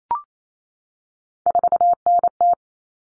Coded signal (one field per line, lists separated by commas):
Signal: Morse code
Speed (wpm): 28 wpm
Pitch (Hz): 700 Hz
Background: none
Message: 4NT